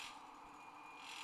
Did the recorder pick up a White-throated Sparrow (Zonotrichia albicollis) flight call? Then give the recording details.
no. No flight call is heard. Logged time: 05:10 on 30 November 2014